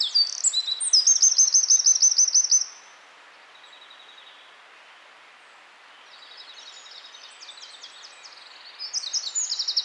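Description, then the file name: Eurasian wren singing a loud, high trilling phrase for over two seconds, a long hush, then another burst of rapid, shrill notes starting near the end. "Troglodytes troglodytes"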